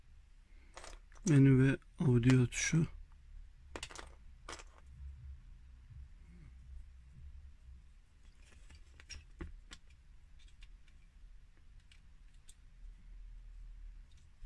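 A renewed plastic menu/audio button cap is handled against the front face panel of a Linea, Fiorino, Grande Punto or Nemo car radio during the radio's restoration and key renewal. Someone talks briefly near the start, with a few sharp plastic ticks around 0.8, 3.8 and 4.5 seconds, followed by faint light clicks over a quiet background. Nothing has seated or clicked into place yet.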